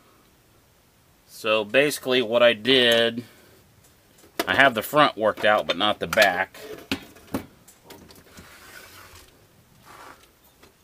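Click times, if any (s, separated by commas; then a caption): none. Someone talks while handling a plastic Injora scale Jeep hardbody being lowered onto a Remo Hobby RC crawler chassis, working its front locating mount into position. Light plastic handling noises follow the speech, with a brief sharp knock near 7.4 s. Nothing has seated or clicked yet.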